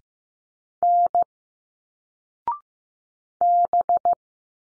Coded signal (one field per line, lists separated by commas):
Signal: Morse code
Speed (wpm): 15 wpm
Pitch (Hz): 700 Hz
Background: none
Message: N B